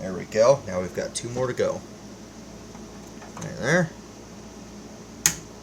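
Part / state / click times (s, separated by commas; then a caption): RAM module into motherboard DIMM slot / seated / 5.3 s. A second RAM module is pushed into its DIMM slot on a motherboard while someone talks. A sharp, loud snap rings out at 5.3 s as the module's clip snaps in and the RAM seats.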